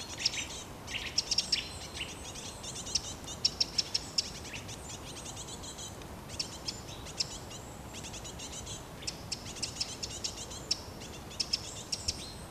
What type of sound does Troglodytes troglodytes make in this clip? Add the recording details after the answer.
call. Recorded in the wild. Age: adult. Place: Liepnitzsee, Naturpark Barnim, Brandenburg, DE. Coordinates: 52.7364, 13.5053. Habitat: coniferous forest. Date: 2013-08-16. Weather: cloudy, 15°C. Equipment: Olympus LS-3, Olympus ME31. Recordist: Frommolt, Karl-Heinz